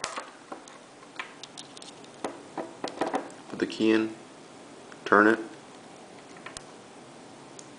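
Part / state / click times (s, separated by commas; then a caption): handcuff double lock in a metal handcuff / released / 6.5 s, 6.6 s. A key is put into a metal handcuff and turned to release the double lock. There are small metallic ticks and rattles while someone talks, then the double lock clicks off with sharp clicks at 6.5 s and 6.6 s, releasing it.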